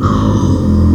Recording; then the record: squeal of a Yucatan mini pig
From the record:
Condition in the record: after surgery on the right vocal fold (resection and tissue-engineered implant); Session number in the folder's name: 14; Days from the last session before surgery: 133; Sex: female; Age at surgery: 19 weeks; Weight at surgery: 25 kg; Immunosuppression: prednisolone